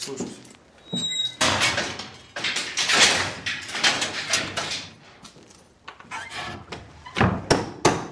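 Hammering as nails are driven to board up the back-entrance door of an investigator's office: loud, sharp wooden blows in uneven bursts, some quick runs of strikes, separated by short pauses.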